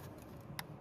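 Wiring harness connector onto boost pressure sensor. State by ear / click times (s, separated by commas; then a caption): seated / 0.6 s. A wiring harness connector is pushed onto the turbo boost pressure sensor on the charge pipe of a 2011 Chevy Cruze 1.4, which is being replaced. Over a low background hum, its plastic latch gives one short, sharp click at 0.6 s. The connector is seated and confirmed clipped in.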